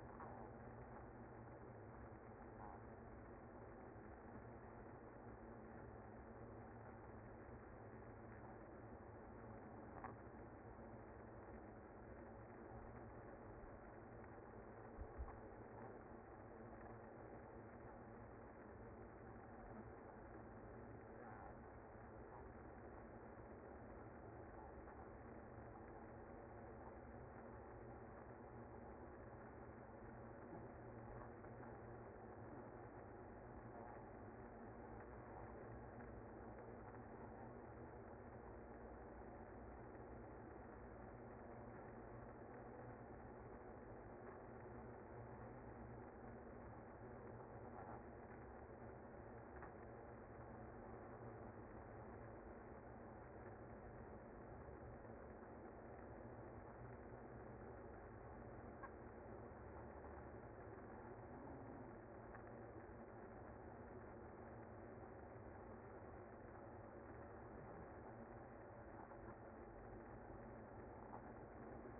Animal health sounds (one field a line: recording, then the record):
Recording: honeybee colony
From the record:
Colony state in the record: active